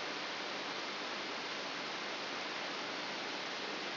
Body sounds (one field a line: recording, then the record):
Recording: brain microelectrode recording played as sound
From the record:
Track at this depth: inside the subthalamic nucleus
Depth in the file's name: 5.101 mm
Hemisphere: left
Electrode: 3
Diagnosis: Parkinson's disease